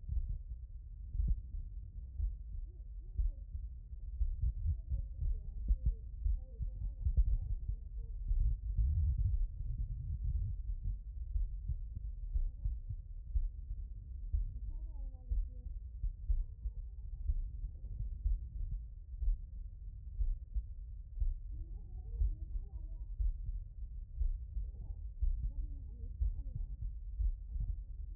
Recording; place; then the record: heart sounds by stethoscope; tricuspid valve (TV)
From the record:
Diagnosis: non-HFrEF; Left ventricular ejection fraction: 57%